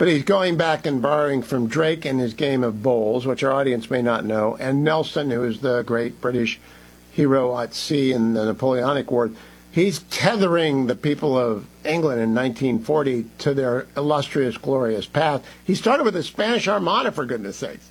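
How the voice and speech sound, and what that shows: Fluent adult male speech talking about British history, clear voice with natural pauses; no speech disorder.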